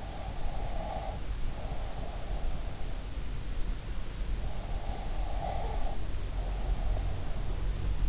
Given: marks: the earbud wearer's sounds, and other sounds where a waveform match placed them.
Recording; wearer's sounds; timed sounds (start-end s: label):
sounds in sleep by an in-ear microphone; breath
0.00-2.59 s: breath
4.65-7.17 s: breath